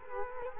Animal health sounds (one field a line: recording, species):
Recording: mosquito wingbeat signal from an infrared sensor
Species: Culex quinquefasciatus